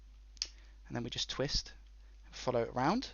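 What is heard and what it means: A guitar pick slowly pries up the plastic back shell of a handheld game console, and its snap clips release with two sharp clicks in quick succession at 0.4 s and 0.4 s. Someone talks before and after the clicks. The back shell clips pop open, and once multiple clicks are heard the back can be lifted off.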